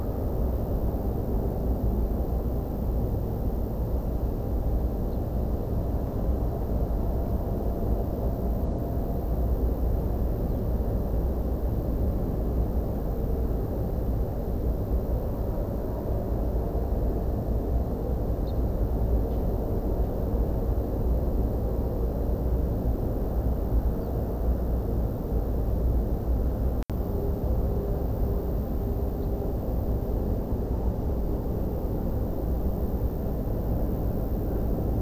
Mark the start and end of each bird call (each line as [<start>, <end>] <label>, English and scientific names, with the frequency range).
[5.11, 5.18] Ortolan Bunting (Emberiza hortulana) (3.3-5.1 kHz)
[18.46, 18.52] Ortolan Bunting (Emberiza hortulana) (3.4-5.2 kHz)
[24.00, 24.13] Ortolan Bunting (Emberiza hortulana) (3.2-5.0 kHz)
[29.21, 29.26] Ortolan Bunting (Emberiza hortulana) (3.3-4.7 kHz)